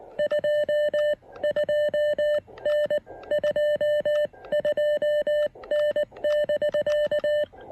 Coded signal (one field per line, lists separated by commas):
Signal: Morse code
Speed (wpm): 19 wpm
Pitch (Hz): 600 Hz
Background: music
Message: 22N 22N <BK>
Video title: Field Report: Giving the Elecraft KX1 a thorough post-operation POTA test!